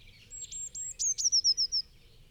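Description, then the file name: Eurasian blue tit song: a few thin high notes, then a quick trill of several notes falling in pitch. "Cyanistes caeruleus"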